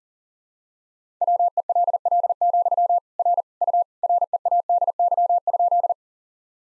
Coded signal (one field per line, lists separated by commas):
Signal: Morse code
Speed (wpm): 37 wpm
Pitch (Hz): 700 Hz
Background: none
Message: WELL, R U READY?